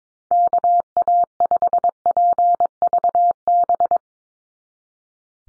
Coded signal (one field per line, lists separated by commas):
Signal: Morse code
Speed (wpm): 22 wpm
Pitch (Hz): 700 Hz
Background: none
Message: KA5PVB